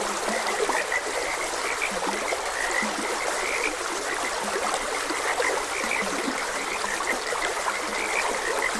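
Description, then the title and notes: Many frogs call together, sharp repeated notes layered with deeper drawn-out croaks, over a constant hiss of running stream water. Frogs croaking beside a gentle stream. "Gentle Stream and Frogs Croaking - Calming Sounds of Nature. Sleep and Relaxation Podcast"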